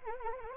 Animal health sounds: mosquito wingbeat signal from an infrared sensor; Anopheles arabiensis

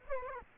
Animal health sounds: mosquito wingbeat signal from an infrared sensor; Culex quinquefasciatus

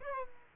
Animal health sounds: mosquito wingbeat signal from an infrared sensor; Aedes aegypti

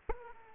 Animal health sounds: mosquito wingbeat signal from an infrared sensor; Aedes aegypti

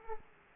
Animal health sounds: mosquito wingbeat signal from an infrared sensor; Aedes aegypti

